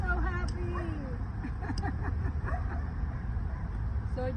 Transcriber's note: laughs